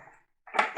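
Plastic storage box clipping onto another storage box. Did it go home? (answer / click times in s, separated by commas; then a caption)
yes / 0.6 s. A stackable plastic ink-pad storage box is pressed down and clipped onto another storage box of the same kind. After a faint rustle and a brief silence, a short scrape rises at about 0.5 s and ends in a sharp, short snap at 0.6 s, and the box is clipped in place on top of the other.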